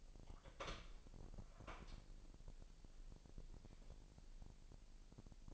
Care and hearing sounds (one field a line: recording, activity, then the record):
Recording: daily activity, microphone in the room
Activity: open door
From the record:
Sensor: 5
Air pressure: 1001.3 hPa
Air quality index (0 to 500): 248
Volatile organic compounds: 35 ppm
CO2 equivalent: 3058 ppm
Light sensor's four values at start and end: 36/83/33/32 and 36/83/33/31